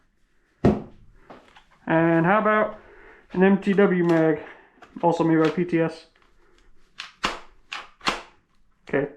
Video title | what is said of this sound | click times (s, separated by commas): AIRSOFT TECH STUFF: NIGELSOFT K009 ASSEMBLY INSTRUCTIONS | Doesn't click in. | none